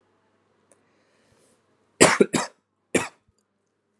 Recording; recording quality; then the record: heavy voluntary cough; excellent, no background noise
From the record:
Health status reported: recovered from COVID-19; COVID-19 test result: positive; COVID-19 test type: RT-PCR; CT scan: not taken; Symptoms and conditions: cough, fatigue, muscle pain, loss of smell and taste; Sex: male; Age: 21 years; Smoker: no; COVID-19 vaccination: both doses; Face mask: not worn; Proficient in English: yes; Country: India